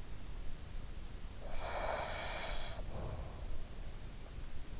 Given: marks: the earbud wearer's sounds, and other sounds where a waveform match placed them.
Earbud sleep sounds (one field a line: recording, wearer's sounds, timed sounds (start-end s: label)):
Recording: sounds in sleep by an in-ear microphone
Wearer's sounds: breath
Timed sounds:
0.92-3.66 s: breath